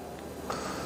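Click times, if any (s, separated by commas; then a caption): 0.5 s. A monopod's twist-lock collar is turned until it clicks once at 0.5 s, releasing a single leg section. The click is a brief, faint snap over a steady low background hiss, and one section drops free.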